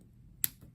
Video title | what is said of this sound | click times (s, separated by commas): Projet Huguette Appareil auditif | un petit pouche de plus entendre un clic. Un petit clip mais sans l'appareil, ça se peut que vous l'entendiez pas parc. Ah ouais, c'est ça. | 0.4 s